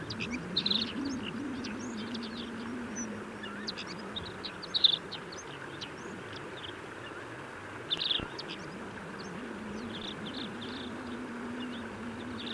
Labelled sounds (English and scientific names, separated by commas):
Alpine Accentor (Prunella collaris)